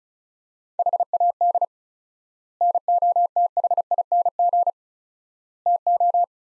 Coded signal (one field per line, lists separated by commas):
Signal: Morse code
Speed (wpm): 36 wpm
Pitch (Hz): 700 Hz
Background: none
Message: HAD NOTHING TO